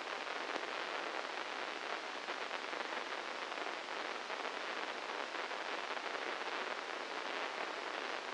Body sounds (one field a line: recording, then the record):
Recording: brain microelectrode recording played as sound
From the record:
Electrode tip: inside the subthalamic nucleus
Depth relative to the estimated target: -2 mm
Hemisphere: right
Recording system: NeuroSet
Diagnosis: Parkinson's disease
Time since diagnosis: 15 years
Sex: female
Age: 59 years